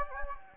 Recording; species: mosquito wingbeat signal from an infrared sensor; Anopheles gambiae